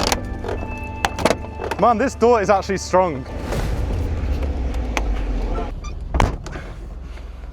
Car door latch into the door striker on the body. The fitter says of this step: It doesn't latch now though.